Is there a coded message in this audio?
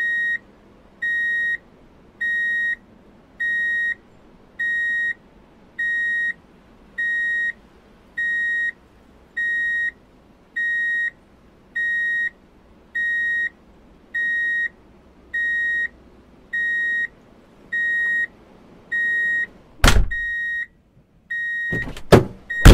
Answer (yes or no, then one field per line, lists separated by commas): no